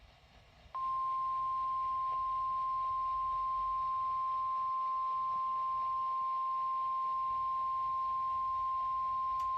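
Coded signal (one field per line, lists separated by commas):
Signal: Emergency Alert System (SAME) tones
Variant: 1050 Hz attention tone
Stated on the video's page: EAS tones for a Severe Thunderstorm Watch on weather radio station KWO35.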